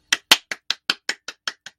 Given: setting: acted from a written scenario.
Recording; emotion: vocal sound without words; triumph